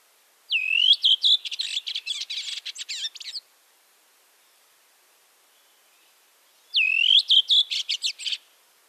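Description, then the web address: Thrush song: two separate bursts of varied, high whistled and chattering notes, about three and two seconds long, with silence between them. "Голоса птиц Дрозд"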